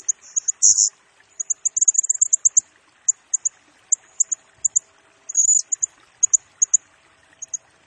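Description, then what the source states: Blue-crowned hanging parrot song: rapid runs of shrill, high-pitched tsee notes, broken by two louder buzzy squeaks, delivered almost without pause. Lure and tutor recording for training and attracting birds; bird sings energetically (gacor) in rapid nembak style, said to stir up all other birds.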